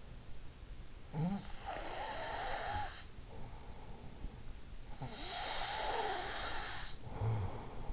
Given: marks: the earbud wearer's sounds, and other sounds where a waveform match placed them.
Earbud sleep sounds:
sounds in sleep by an in-ear microphone; snoring breath
0.75-4.22 s: snoring breath
4.99-7.93 s: snoring breath

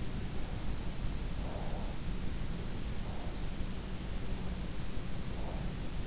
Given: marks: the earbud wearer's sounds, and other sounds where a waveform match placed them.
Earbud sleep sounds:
sounds in sleep by an in-ear microphone; breath
1.19-3.39 s: breath

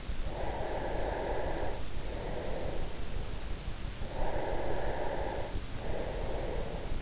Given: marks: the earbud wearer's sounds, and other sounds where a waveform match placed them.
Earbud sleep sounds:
sounds in sleep by an in-ear microphone; breath
0.46-2.99 s: breath
3.91-7.02 s: breath

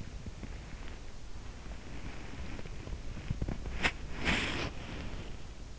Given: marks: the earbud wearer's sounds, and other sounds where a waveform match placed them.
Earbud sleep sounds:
sounds in sleep by an in-ear microphone; body movement
0.00-5.37 s: body movement

